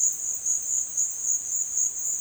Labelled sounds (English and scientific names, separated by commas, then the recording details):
none
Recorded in secondary vegetation near Puerto Asís, Putumayo, Colombia, on 23 June 2025 at 13:00
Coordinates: 0.499, -76.323
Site G077